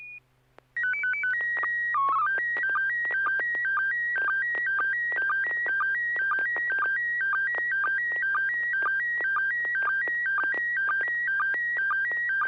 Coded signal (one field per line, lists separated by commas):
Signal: SSTV (slow-scan television)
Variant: PD 120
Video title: N6NA SSTV Net - 12/13/2023